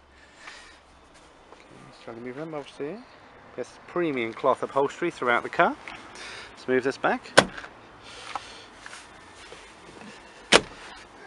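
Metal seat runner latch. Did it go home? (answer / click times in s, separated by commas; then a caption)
yes / 10.5 s. Someone talks as a cloth-upholstered seat in a Kia Picanto City is moved back into position, with quiet knocks from the seat being handled. A loud, sharp click at 10.5 s is the seat latch locking into its runner or locked position, and the seat is seated.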